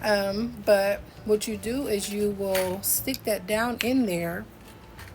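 A plastic snap fastener piece, prong side, is handled and pushed down toward the holder of a pair of snap pliers while someone talks. Nothing has seated or clicked yet; the click would show the piece sits the proper way.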